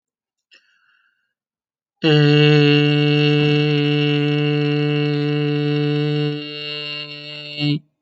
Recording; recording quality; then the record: sustained vowel as in made; excellent, no background noise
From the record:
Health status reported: healthy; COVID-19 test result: not tested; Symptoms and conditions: asthma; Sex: male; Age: 34 years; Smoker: not ticked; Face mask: not worn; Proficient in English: yes